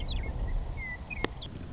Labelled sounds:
Western Meadowlark
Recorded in Sonoma County, California

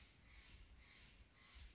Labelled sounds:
Steller's Jay
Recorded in Sonoma County, California

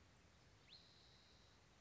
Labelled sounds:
Spotted Towhee
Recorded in Sonoma County, California

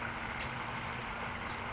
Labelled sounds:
California Towhee
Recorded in Sonoma County, California

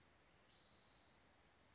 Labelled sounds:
Spotted Towhee
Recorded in Sonoma County, California

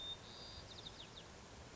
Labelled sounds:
White-crowned Sparrow
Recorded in Sonoma County, California

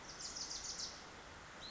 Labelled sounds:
Bewick's Wren
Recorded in Sonoma County, California

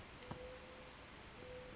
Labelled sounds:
Mourning Dove
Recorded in Sonoma County, California

